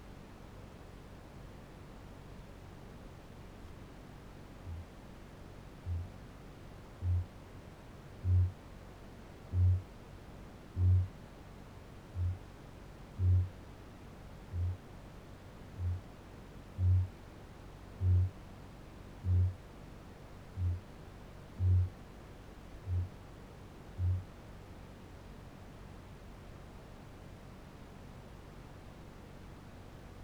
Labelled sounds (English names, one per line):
Kākāpō boom